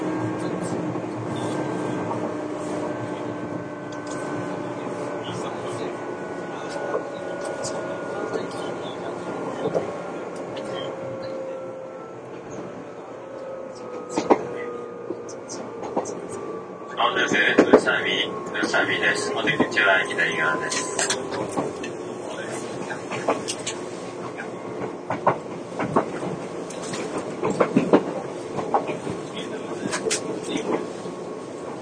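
A ride aboard the Izukyu 2100 series Kinme train between Atami and Ito, with a steady low rumble and motor whines that slowly fall in pitch. Short clacks and knocks come irregularly, and from about 17 seconds a louder, hissing stretch adds rattles and sharper jolts.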